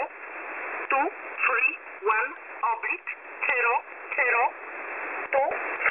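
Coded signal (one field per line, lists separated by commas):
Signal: numbers station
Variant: E11 Oblique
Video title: E11 Oblique 14/02/2023 1605 UTC 5432kHz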